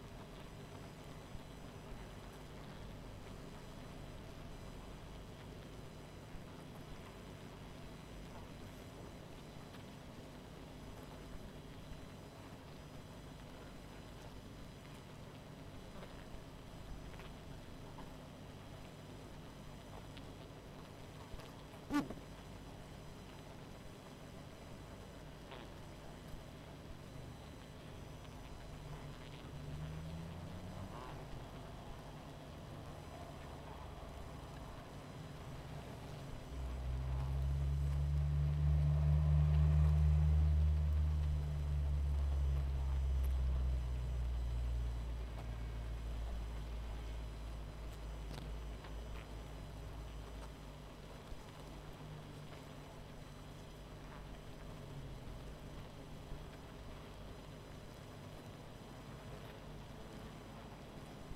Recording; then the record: honeybee colony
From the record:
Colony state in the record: missing queen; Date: 14 July 2017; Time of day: 20:47